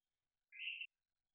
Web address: hylidae Dendrosophus-ebbraccatus